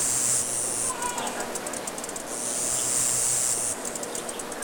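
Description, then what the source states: Cricket chirping, a high continuous shrill band that breaks into rapid pulses, then returns, over a steady hiss. Recorded outdoors.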